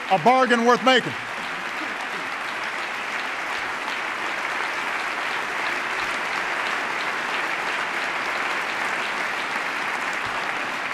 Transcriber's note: applause